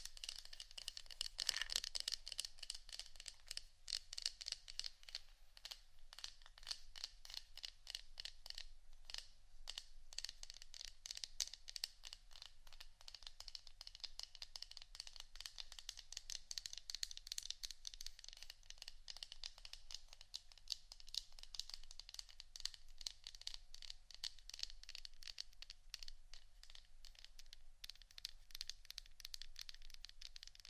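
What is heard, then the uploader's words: Rapid, dense tapping clicks run continuously for the whole stretch, bright and crisp with a crinkly, crackling texture and a faint low hum beneath. ASMR 2 Types Of Tapping（No Talking）.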